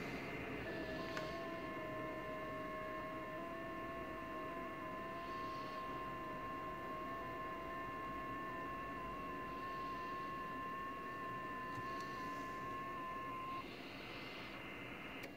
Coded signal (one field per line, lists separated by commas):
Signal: FT8